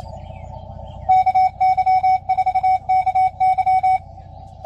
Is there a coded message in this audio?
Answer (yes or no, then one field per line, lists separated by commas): yes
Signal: Morse code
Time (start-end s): 1.1-4.0 s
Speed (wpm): 28 wpm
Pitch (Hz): 750 Hz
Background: radio noise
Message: KY4KY